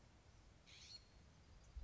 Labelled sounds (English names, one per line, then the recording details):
California Scrub-Jay
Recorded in Sonoma County, California